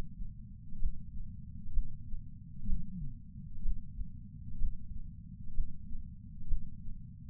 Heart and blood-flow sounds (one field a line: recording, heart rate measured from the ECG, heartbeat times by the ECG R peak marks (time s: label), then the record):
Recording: heart sounds by patch sensor on the chest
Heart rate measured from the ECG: 63 bpm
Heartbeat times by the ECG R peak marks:
0.77 s: heartbeat
1.70 s: heartbeat
2.64 s: heartbeat
3.60 s: heartbeat
4.56 s: heartbeat
5.51 s: heartbeat
6.45 s: heartbeat
From the record:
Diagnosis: coronary artery disease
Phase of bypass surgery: preoperative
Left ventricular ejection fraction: 60.1%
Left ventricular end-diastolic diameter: 44 mm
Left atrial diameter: 42 mm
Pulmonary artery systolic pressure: 26 mmHg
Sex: female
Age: 80 years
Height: 156 cm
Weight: 70 kg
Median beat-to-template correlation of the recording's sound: 0.93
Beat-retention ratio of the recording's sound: 0.99